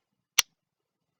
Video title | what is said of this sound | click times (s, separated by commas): Defects Update of Berreta 92FSR 22LR Suppressor Ready and Taurus TX22 | you hear the click click and then you you uh | 0.4 s